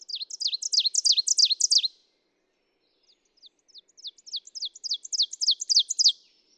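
Ovenbird song: a strong string of repeated ringing phrases, then after about a second of quiet a second series starting softly and growing louder.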